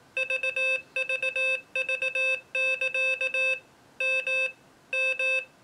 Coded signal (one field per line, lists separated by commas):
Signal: Morse code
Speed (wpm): 18 wpm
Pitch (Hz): 2600 Hz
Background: none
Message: VVV<KA> M M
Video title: Morserino-32 Extended Review